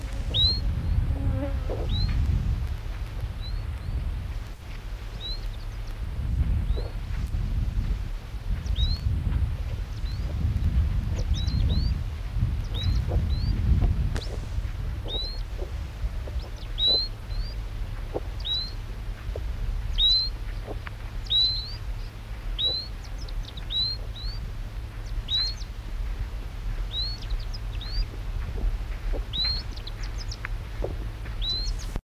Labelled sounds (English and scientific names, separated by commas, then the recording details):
Sooty Chat (Myrmecocichla nigra) call, Scaly-feathered Weaver (Sporopipes squamifrons)
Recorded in the wild
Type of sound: call
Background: Sporopipes squamifrons
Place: Südwestafrika
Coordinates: -23, 17
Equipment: Halbspur, 9,5 cm/s
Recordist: Lütgens, Hans
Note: Familie